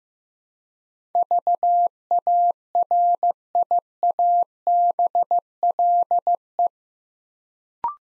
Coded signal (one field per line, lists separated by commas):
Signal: Morse code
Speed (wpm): 15 wpm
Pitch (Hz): 700 Hz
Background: none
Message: VARIABLE